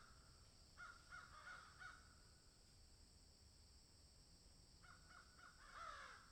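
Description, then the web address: Crow giving two brief bursts of harsh caws separated by a long pause. "ворона"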